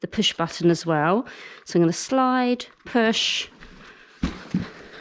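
Someone talks while handling the folding frame lock of a folded compact stroller, working its slide and push-button mechanism to unfold the pushchair. Nothing has seated or clicked yet; the frame lock has not engaged by the end of the clip.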